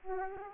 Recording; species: mosquito wingbeat signal from an infrared sensor; Aedes aegypti